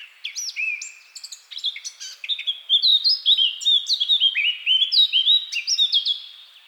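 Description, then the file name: Eurasian blackcap song, a lively stream of quick warbled notes rising in volume into clear fluty whistles. "Sylvia atricapilla"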